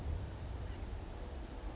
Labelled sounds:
Blue-gray Gnatcatcher
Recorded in Sonoma County, California

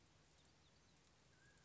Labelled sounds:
Mountain Quail
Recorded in Sonoma County, California

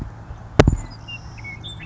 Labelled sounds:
Savannah Sparrow
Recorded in Sonoma County, California

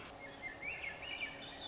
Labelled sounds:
Swainson's Thrush
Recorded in Sonoma County, California

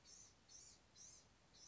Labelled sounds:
Blue-gray Gnatcatcher
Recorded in Sonoma County, California

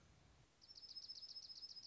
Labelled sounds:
Dark-eyed Junco
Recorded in Sonoma County, California

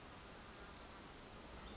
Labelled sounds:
Pacific Wren
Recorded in Sonoma County, California

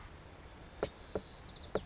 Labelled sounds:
White-crowned Sparrow
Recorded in Sonoma County, California

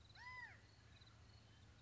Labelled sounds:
California Quail
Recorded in Sonoma County, California

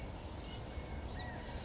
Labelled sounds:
California Quail
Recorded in Sonoma County, California

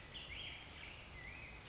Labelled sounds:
Black-headed Grosbeak
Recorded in Sonoma County, California

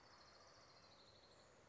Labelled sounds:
Orange-crowned Warbler
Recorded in Sonoma County, California

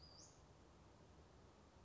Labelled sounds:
Western Flycatcher
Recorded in Sonoma County, California

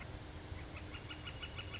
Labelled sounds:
Northern Flicker
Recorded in Sonoma County, California

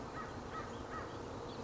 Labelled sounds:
American Crow
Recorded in Sonoma County, California

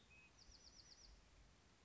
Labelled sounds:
Bewick's Wren
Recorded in Sonoma County, California

